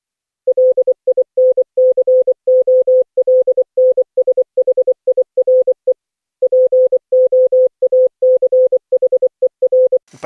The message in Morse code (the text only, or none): LINCOLNSHIRE POACHER